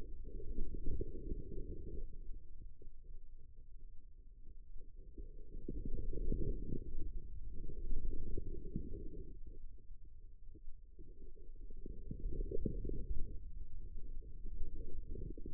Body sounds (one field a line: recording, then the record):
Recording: forearm muscle sounds (acoustic myography)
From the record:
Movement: inward rotation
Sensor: system 2, bracelet of six BSWA MPA416 microphones around the upper forearm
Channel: 3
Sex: female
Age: 25 years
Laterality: right